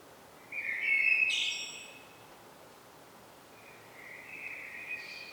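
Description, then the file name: Common blackbird singing one mellow, fluted warbling phrase that ends in a brief high twitter, followed by a quieter, softer phrase later on. "Turdus merula"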